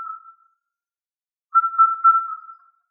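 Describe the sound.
Indian cuckoo calling, clear whistled notes: the end of one note fading out, a pause of about a second, then a longer run of linked whistled notes.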